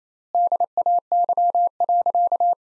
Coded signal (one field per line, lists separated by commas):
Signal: Morse code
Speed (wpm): 28 wpm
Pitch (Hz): 700 Hz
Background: none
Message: DAY.